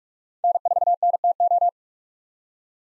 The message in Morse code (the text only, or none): N4NTO